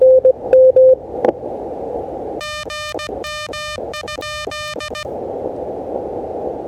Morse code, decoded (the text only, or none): GM?